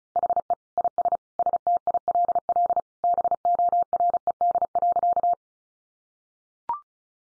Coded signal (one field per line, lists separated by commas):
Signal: Morse code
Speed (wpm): 34 wpm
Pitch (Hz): 700 Hz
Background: none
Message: HE IS STILL BORED.